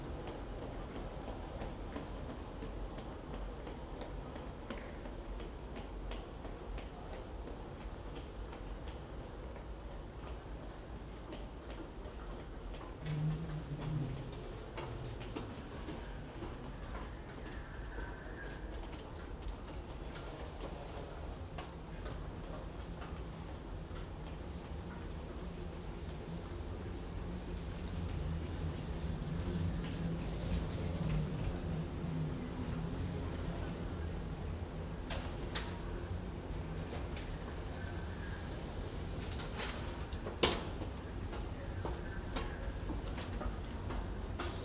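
A moving walkway in an airport terminal hums and rumbles steadily, with a low mechanical drone that thickens in the second half. Faint voices and scattered clicks pass in the hall, and a sharp knock lands around forty seconds.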